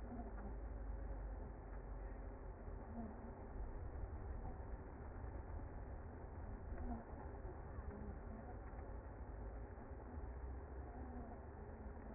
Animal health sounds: honeybee colony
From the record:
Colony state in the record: active

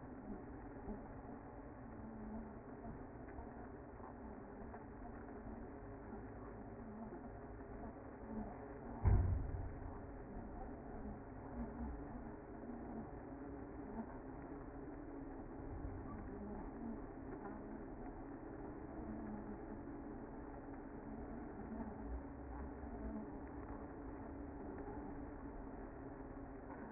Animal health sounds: honeybee colony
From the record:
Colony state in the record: active

